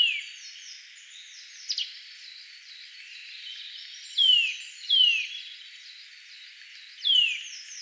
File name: Sitta europaea